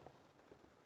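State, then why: Not seated. A plastic interior dome light lens cover on a Hyundai i40 is handled as it is hooked holder side first and pushed up into the roof light housing in the headliner. Only soft, low handling noises are heard over a quiet background, with faint bumps near 0.1 s and 0.5 s. Nothing has seated or clicked yet.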